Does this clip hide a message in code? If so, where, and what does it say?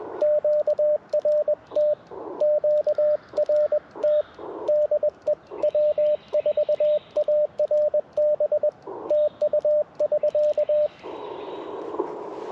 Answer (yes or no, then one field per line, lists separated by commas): yes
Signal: Morse code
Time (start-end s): 0.2-10.9 s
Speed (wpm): 21 wpm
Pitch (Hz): 590 Hz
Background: radio noise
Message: QRT QRT DE W4ARB TU<SK>